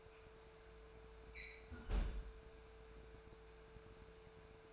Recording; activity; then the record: daily activity, microphone in the room; close fridge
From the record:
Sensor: 2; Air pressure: 1014.8 hPa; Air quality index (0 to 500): 194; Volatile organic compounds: 17 ppm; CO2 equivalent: 2574 ppm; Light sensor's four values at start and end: 9/23/9/10 and 9/23/9/10